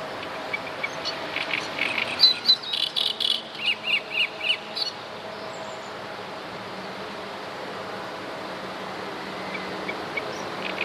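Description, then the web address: Great reed warbler song: a three-second burst of harsh, grating notes repeated rapidly, followed by quiet background hiss for the rest. "wroblowe kolekcja trzciniak"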